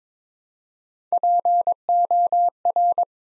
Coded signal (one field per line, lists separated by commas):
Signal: Morse code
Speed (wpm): 22 wpm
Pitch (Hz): 700 Hz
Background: none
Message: POR